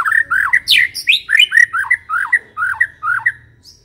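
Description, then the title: White-rumped shama song: a rapid series of loud, rich whistled notes, each swooping in pitch, with some sharp high chips. Aggressive song of the white-rumped shama, used as a lure. "Pancingan Murai Batu Galak"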